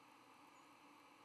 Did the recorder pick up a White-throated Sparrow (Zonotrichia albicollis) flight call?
yes